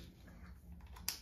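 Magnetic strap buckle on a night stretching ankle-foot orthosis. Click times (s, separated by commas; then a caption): 1.1 s. The magnetic black buckle halves on the first stretching strap of a Cascade #9 Night Stretching AFO (ankle-foot orthosis) are brought together, with soft handling sounds at about 0.8 and 1.0 s over a low steady hum. The buckle snaps shut with a sharp click at 1.1 s, and the strap is fastened in place.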